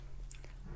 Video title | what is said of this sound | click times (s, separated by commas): Two tools for the price of one - KOM Cycling Tire Lever Combo Set w/ Valve Core Removal Tool | press it on top and then you have the nice pins here that allow it to lock together so they | 0.3 s